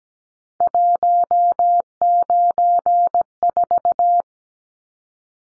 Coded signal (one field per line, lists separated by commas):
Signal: Morse code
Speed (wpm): 17 wpm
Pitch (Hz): 700 Hz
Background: none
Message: 194